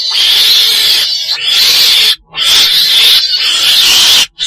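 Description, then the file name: Weasel producing two long, continuous rasping screeches, each lasting about two seconds, separated by a short gap, and a third beginning at the end. Described as a black weasel (chồn đen) calling. "tieng chon den keu"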